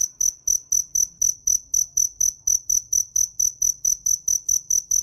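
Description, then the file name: Cricket chirping in a fast, very regular rhythm of sharp high pulses, about four per second, with nothing else noticeable. "Tieng des keu"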